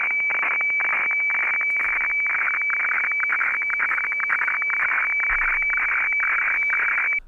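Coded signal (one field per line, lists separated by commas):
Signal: weather fax (radiofax)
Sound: a steady high whistle over harsh hiss, chopped by rapid irregular dropouts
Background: radio static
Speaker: for sinking and ending the transmission it sounds like this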